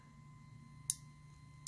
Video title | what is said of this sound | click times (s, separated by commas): Harbor Freight Gordon Basic Folding Utility Knife Review | a nice little click and it really is held quite nicely | 0.9 s